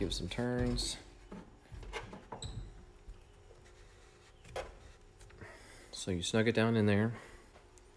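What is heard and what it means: A grease gun barrel holding a grease cartridge is handled and snugged down onto the head of a Milwaukee M18 cordless grease gun while someone talks, with scattered soft knocks and rubbing sounds. Nothing has seated or clicked into place yet.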